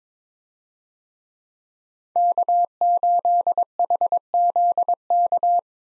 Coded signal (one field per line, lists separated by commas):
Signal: Morse code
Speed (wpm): 22 wpm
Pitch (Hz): 700 Hz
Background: none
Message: K8HZK